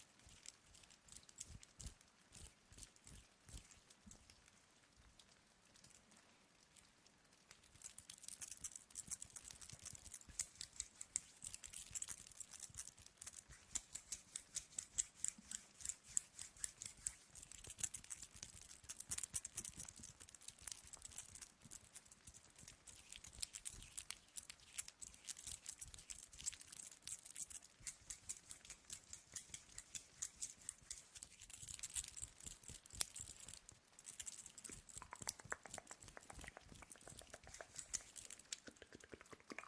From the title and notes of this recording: ASMR Hypnotic Hand Movements with Ring Sounds.